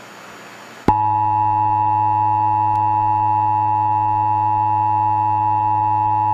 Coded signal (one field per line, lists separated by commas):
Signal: Emergency Alert System (SAME) tones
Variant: 853 and 960 Hz attention tone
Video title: (VALID TONES) EAS Mock: XICS XTGen S020 (02/21/2009)